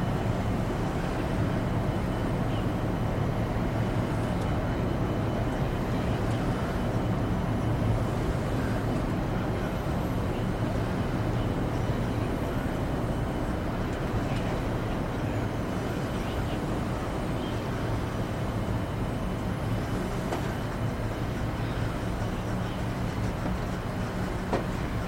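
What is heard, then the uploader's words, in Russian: Steady cabin ambience aboard a space shuttle: a constant low hum and rumble with a dense wash of airy hiss over it. The level hardly changes across the whole stretch, with only faint small clicks and ticks surfacing now and then. Атмосфера Кабины Шаттла. Самые спокойные и атмосферные звуки на борту космического шаттла.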